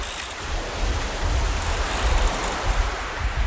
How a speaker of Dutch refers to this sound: Dit is het, hè? Ja, dit is het. En dan kijken en zien wat beter kan. Of het bootje goed door het water gaat en of die netjes vlak vaart. Maar beschrijf het eens, want je krijgt gelijk een lach op je gezicht als je dit hoort.